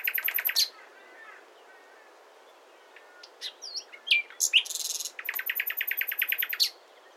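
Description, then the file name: Common nightingale singing: a rapid rattling trill ends, a pause follows, then scattered sharp notes lead into another long, fast, buzzy trill of repeated notes. "Luscinia megarhynchos"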